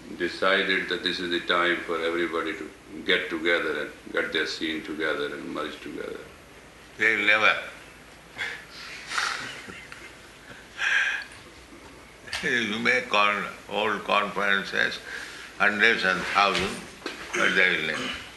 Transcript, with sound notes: decided that this is the time for everybody to get together and get their scene together and merge together.
They will never. [laughs] You may call all conferences, hundreds and thousands, but they will never,